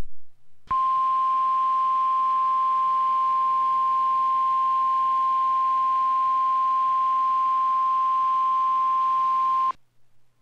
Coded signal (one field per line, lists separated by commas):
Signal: Emergency Alert System (SAME) tones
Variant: 1050 Hz attention tone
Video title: Severe Weather: NOAA Weather Radio KIH-42 - March 25-26, 2021